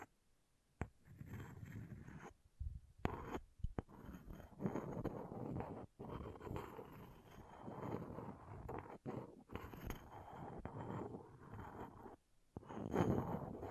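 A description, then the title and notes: An object scratching in rough, dense bursts that start just before the first second and run with short breaks at about 2.5, 3.5, 6, 9 and 12 seconds. The scraping is gritty and fairly full, rising louder in the final stretch. ASMR Brain Melting Object Scratching (No Talking).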